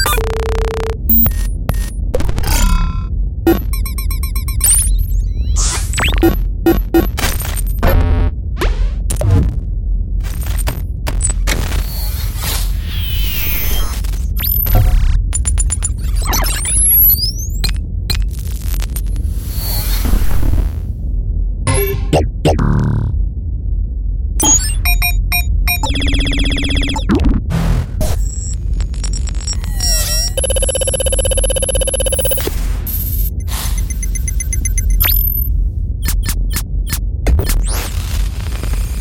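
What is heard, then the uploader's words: Futuristic computer interface sounds pile up densely: rapid clicks, bleeps and short data chirps flicker constantly, with occasional sustained tones around the middle and near the end. A low rumbling bed hums underneath throughout, and the level stays steady. Futuristic User Interface Sound Effects. High-tech beeps and digital button sounds, as well as science fiction computer telemetry and processing sounds.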